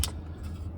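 A plastic cover over the windshield-mounted MPC2 camera on a Freightliner Cascadia is worked loose from its retaining tabs and pulled off. A sharp, bright pop sounds at 0.0 s over a steady low hum, followed by faint rustling. The cover is released from its tabs.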